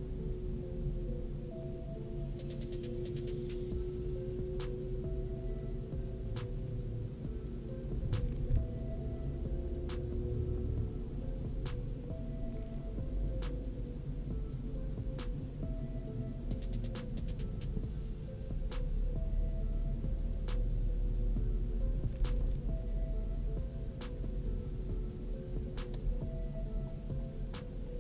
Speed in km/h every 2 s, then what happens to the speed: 24, 23, 25, 25, 26, 29, 27, 27, 24, 20, 23, 23, 23, 22.
0-12 steady at about 25. 12-17 slows to 20. 17-28 steady at about 23.